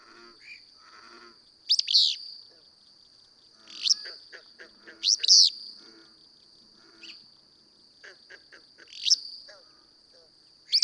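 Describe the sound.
Willow flycatcher repeating brisk, hoarse, sneezing phrases several times, interspersed with soft notes from other birds over a constant thin high drone.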